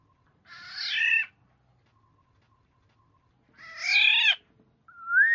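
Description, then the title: Black-naped oriole harsh calls: two drawn-out nasal, mewing notes about three seconds apart, followed by the start of a clear rising whistle. "Kepodang"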